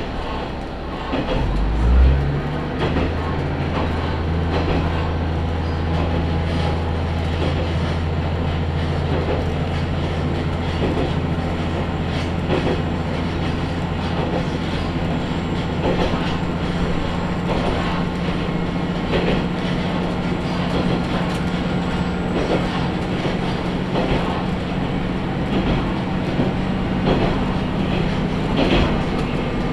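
Riding aboard a local train between two stations, a deep engine drone swells in about two seconds in and then holds steady. Wheel clicks over the rail joints tick through at irregular intervals, over a constant rattle of the moving car.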